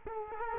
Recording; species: mosquito wingbeat signal from an infrared sensor; Culex quinquefasciatus